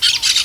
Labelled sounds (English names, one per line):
Brown-throated Parakeet contact call